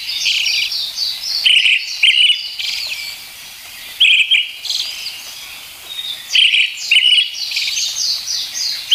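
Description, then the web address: Brown-headed thrush song: three short bright phrases with high thin end notes, over steady chatter from other birds. "sikioto birds akahara"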